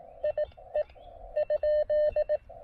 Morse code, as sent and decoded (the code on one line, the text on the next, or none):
.. / . / ..--..
I E ?